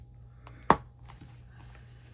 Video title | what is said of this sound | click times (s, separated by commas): CASH STUFF $66 • low income • savings challenges | If it snaps in place, it never does it while on camera. First time. | 0.7 s